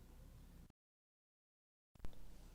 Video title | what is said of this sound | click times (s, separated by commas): How to fit and remove an LED board in an alarm annunciator (Omni16C) | and also your fingers until you hear it click into place | 2.1 s